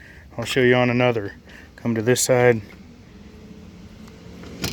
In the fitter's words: that the first piece down in and then the top pops right in